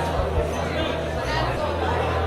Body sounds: background sound without coughing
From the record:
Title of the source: CITY SOUNDS Busy Bar in the Evening Night - 2 HOURS of Ambiance for Relaxation

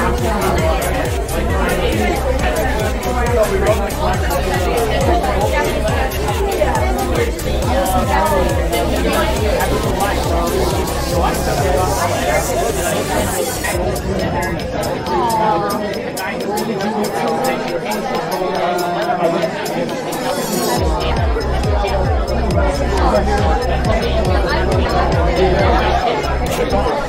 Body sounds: background sound without coughing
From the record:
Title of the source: Nightlife Party Simulating Party Club Noise 1 Hour

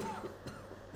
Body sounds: coughing mixed with background sound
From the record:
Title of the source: Mid-morning Winter Coughing Fit

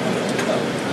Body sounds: background sound without coughing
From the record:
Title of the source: Office Sounds Ambience - Background Noise for Study and Work

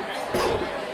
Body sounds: coughing mixed with background sound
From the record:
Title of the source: Coughing 77

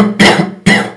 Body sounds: coughing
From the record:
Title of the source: Man Coughing Sound - Wet Cough Sound Effect

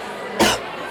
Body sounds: coughing mixed with background sound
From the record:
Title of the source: 61 morning phlegmy cough...again

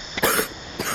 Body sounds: coughing mixed with background sound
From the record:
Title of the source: 30 Chesty and wet cough

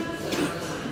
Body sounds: coughing mixed with background sound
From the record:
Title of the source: 60 coughing still (deep and wet cough)

